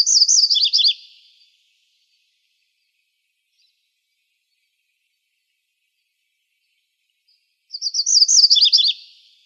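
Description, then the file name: MacGillivray's warbler singing twice, each short buzzy song of quick chips dropping into lower rolling notes, the first cut off at the start, roughly six seconds of silence between. Recorded in Arizona on 17 May 2006. "MGWA 3 deviche"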